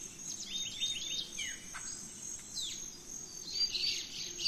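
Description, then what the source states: Birds give quick stepped whistles and falling chirps, then a buzzy burst near the end, over a steady high insect tone. Dawn chorus in rainforest, Gran Sabana, Venezuela.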